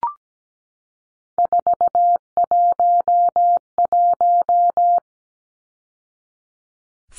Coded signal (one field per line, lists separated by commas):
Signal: Morse code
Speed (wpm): 17 wpm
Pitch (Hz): 700 Hz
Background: none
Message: 411